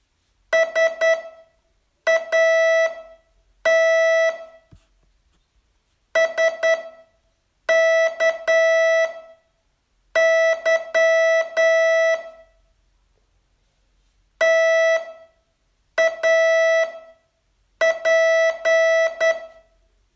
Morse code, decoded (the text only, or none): SAT SKY TAP